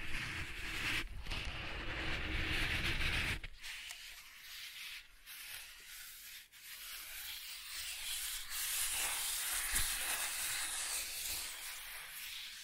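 Soft tracing across a surface, a steady hissing rub that fills the upper range. For the first three seconds there is a fuller, rougher scraping with low texture; after that it thins to a lighter, airy brushing, broken by occasional faint taps and small catches.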